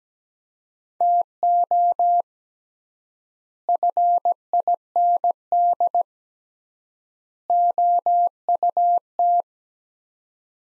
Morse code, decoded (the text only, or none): TO FIND OUT